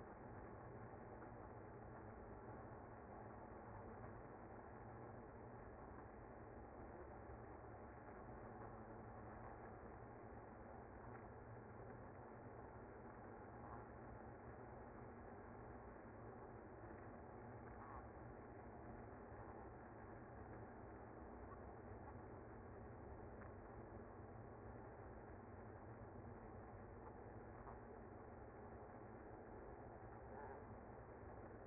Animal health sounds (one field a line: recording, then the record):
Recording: honeybee colony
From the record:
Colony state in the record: active